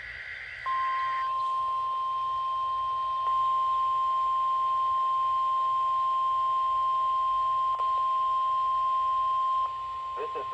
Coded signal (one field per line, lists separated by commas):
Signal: Emergency Alert System (SAME) tones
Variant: 1050 Hz attention tone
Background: speech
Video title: (EAS #765) RWT On KIH38 and KJY83 6/21/2023